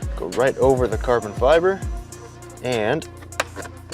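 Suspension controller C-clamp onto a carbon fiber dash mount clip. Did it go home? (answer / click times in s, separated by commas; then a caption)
yes / 3.4 s. Someone talks while the Airlift suspension controller's C-clamp is pushed over the carbon fiber phone-style mount on a Pro Clip dash clip during an Audi S4 Prestige build. A sharp snap at 3.4 s marks the clamp seating in place on the first try.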